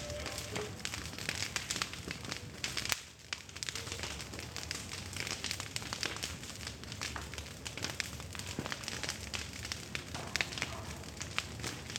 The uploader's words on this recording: Burning Corn In Cuxtitali. The intense sound bed that makes the fire.